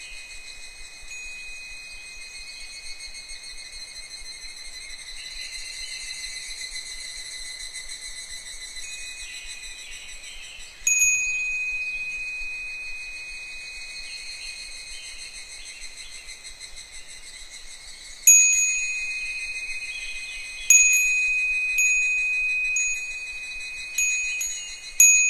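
Wind chimes ring with a steady bright shimmer, sharper strikes near 11, 18, 21 and 24 seconds, each ringing out slowly.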